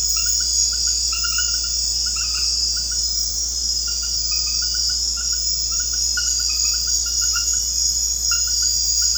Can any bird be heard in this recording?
no